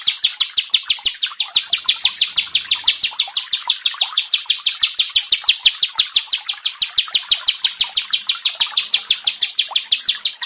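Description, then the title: Bar-winged prinia song, loud sharp notes repeated about three times a second in a long, even, unbroken series. "Ciblek Sawah"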